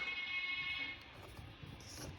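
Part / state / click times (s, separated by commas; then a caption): spring retaining clip of a ceiling light fixture into ceiling opening / not seated / none. With one spring retaining clip of a ceiling light fixture already in, the second spring clip is bent up and the fitting is pushed toward the ceiling opening. A steady, high, buzzing tone fills the first second, then it fades into quieter rustling and soft handling noises. Nothing has seated or clicked yet.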